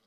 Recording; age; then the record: pig call; piglet (1 to 25 days)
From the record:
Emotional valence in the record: positive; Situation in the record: reunion after long isolation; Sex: male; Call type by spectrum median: high-frequency call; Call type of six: low-frequency tonal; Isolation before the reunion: 8 minutes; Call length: 0.07 s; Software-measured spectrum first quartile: 562 Hz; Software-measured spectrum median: 2511 Hz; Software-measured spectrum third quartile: 6535 Hz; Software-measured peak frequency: 204 Hz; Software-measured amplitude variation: 15 dB a second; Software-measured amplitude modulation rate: 6.7 a second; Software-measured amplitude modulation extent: 2.3 dB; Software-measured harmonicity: 1.8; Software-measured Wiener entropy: -1.30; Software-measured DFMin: 573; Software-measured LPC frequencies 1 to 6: 467, 1275, 2102, 3204, 3801, 4571 Hz